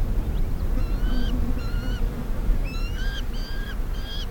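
Black falcon giving a run of harsh, slightly rising whining notes, about two per second, over a steady low rumble.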